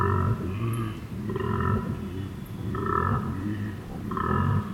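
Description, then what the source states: Koala bellowing: deep, rasping, snore-like phrases repeated roughly every one and a half seconds, with faint high chirps above. At night at Emu Creek, Benarkin, 11 September 2018.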